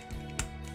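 The plastic front panel of an APC Toys APC 004 Dark Master transforming robot toy is folded over and snapped into the toy's upper body. A single sharp click sounds at 0.4 s over a steady tonal background, and the clip is fastened shut.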